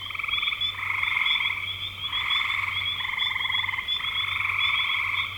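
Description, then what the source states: Frog chorus of buzzy pulsed trills alternating in roughly one-second bouts, with a steady faint low hum beneath. Frogs recorded in spring 2025.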